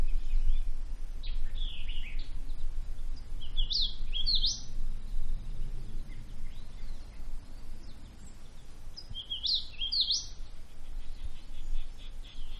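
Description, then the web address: Bird song: two bright, sweeping warbled phrases a few seconds apart, with softer scattered chirps and a faint steady high hum under a low rumble. Quiet woods. "Manhattan Production Music. Woods Quiet Bird Song Cricket"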